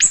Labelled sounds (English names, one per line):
Ovenbird flight call